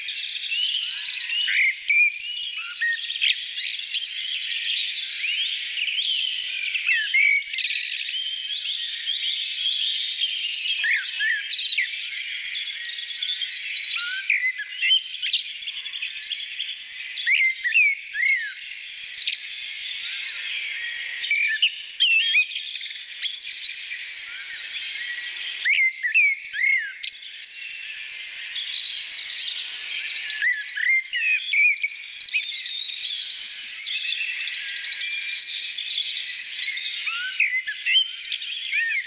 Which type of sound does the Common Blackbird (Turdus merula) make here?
song